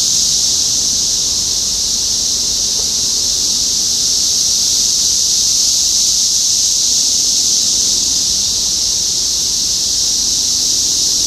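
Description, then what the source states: Cicadas filling the air with an unbroken shrill buzz, high and level from start to finish. Cicadas recorded in Topeka, Kansas, on 14 June 2015.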